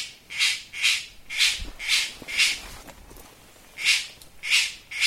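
Bird giving harsh, rasping calls in an irregular series, with a short pause before the last few.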